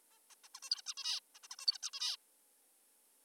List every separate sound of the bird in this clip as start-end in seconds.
0.11-0.20, 0.30-0.35, 0.44-0.48, 0.55-0.60, 0.63-0.70, 0.71-0.82, 0.86-0.94, 0.97-1.20, 1.35-1.39, 1.44-1.48, 1.51-1.56, 1.59-1.66, 1.67-1.78, 1.83-1.90, 1.93-2.16